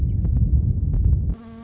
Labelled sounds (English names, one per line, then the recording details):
Western Meadowlark
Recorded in Sonoma County, California